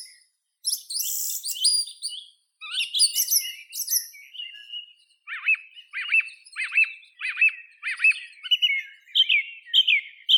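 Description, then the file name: Song thrush song with high scratchy squeaks and trills first, then a clear phrase of sharp downslurred notes repeated several times, then a varied ending. "Neizvesten - Drozd pevchij Turdus philomelos (Zvyki com)"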